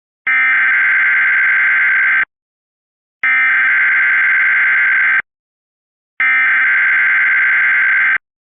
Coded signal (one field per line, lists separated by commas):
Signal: Emergency Alert System (SAME) tones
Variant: header bursts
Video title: All EAS Blue Alerts in WXRchive (DEADLY ALERTS!) EAS #83 - EAS #93